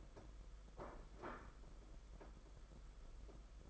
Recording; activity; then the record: daily activity, microphone in the room; place plate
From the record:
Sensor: 5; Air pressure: 992.0 hPa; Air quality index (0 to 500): 166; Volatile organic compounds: 397 ppm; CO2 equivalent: 4666 ppm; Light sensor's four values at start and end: 31/106/39/42 and 31/106/39/42